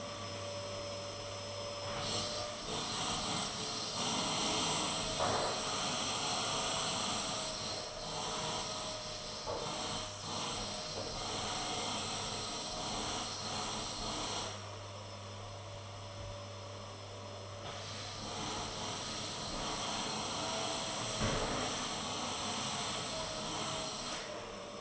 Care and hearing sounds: daily activity, microphone in the room; vacuum cleaning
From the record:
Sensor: 4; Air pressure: 1000.1 hPa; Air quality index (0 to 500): 232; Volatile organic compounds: 32 ppm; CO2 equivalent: 2992 ppm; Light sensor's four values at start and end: 9/21/8/8 and 9/21/8/8

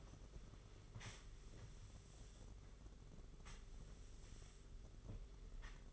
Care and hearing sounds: daily activity, microphone in the room; sweep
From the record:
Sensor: 4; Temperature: 27.1 degrees Celsius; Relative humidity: 38.3%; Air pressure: 992.2 hPa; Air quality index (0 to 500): 110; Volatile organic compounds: 18 ppm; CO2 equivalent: 2631 ppm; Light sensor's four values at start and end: 19/61/23/23 and 21/72/27/28

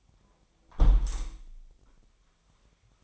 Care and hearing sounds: daily activity, microphone in the room; close window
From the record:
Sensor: 1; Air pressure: 1006.5 hPa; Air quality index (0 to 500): 209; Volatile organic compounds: 24 ppm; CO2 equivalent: 2810 ppm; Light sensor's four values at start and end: 12/31/12/14 and 11/30/12/13

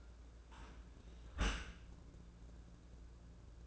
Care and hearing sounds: daily activity, microphone in the room; close dishwasher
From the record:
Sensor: 2

